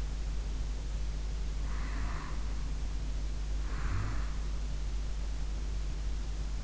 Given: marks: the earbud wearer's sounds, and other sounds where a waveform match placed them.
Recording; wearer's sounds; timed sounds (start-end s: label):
sounds in sleep by an in-ear microphone; snoring breath
1.56-5.68 s: snoring breath